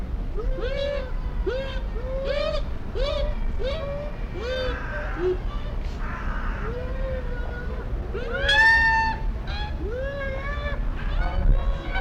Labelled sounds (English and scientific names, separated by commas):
Bush Dog (Speothos venaticus)